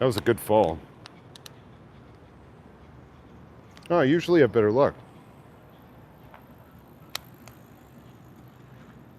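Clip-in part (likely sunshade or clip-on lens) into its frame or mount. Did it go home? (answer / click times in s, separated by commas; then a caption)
yes / 7.2 s. A clip-in part, likely a sunshade or clip-on lens, is fitted into its frame or mount corner by corner and, once three corners are in, pressed home, since the sun has set and it is no longer needed. Someone talks near the start and again around 4 to 5 s, with faint ticks and handling sounds in the quiet between. A loud, sharp snap at 7.2 s marks the part seating firmly into place.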